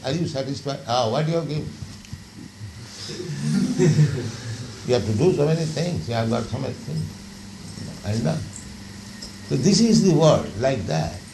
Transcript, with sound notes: Are you satisfied?" "Oh, what you have given?" [laughter] You have to do so many things. You have got so much things. And no. So this is the world, like that.